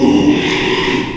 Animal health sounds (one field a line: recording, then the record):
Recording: squeal of a Yucatan mini pig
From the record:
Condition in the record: after surgery on the right vocal fold (resection and tissue-engineered implant)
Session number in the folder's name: 1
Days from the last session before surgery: 6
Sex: male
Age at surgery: 12 weeks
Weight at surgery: 13 kg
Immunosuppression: cyclosporine, prednisolone